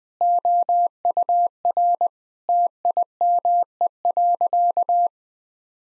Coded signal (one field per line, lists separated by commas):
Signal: Morse code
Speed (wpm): 20 wpm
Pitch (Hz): 700 Hz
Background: none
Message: OUR TIME.